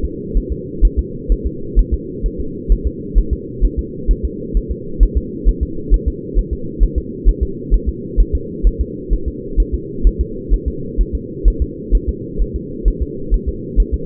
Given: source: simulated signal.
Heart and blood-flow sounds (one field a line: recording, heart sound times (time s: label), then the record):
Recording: fetal heart sounds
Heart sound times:
0.05 s: S2
0.37 s: S1
0.52 s: S2
0.85 s: S1
0.99 s: S2
1.32 s: S1
1.46 s: S2
1.79 s: S1
1.94 s: S2
2.26 s: S1
2.40 s: S2
2.72 s: S1
2.87 s: S2
3.18 s: S1
3.33 s: S2
3.65 s: S1
3.79 s: S2
4.11 s: S1
4.25 s: S2
4.57 s: S1
4.71 s: S2
5.03 s: S1
5.17 s: S2
5.49 s: S1
5.63 s: S2
5.94 s: S1
6.08 s: S2
6.38 s: S1
6.53 s: S2
6.83 s: S1
6.98 s: S2
7.29 s: S1
7.43 s: S2
7.74 s: S1
7.89 s: S2
8.20 s: S1
8.35 s: S2
8.67 s: S1
8.81 s: S2
9.13 s: S1
9.28 s: S2
9.60 s: S1
9.74 s: S2
10.07 s: S1
10.21 s: S2
10.54 s: S1
10.68 s: S2
11.01 s: S1
11.15 s: S2
11.48 s: S1
11.62 s: S2
11.95 s: S1
12.09 s: S2
12.41 s: S1
12.56 s: S2
12.88 s: S1
13.02 s: S2
13.34 s: S1
13.48 s: S2
13.80 s: S1
13.94 s: S2
From the record:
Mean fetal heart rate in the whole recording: 130 bpm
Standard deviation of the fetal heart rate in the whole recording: 2 bpm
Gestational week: 36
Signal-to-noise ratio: -4.3 dB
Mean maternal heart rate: 72 bpm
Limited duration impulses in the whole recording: absent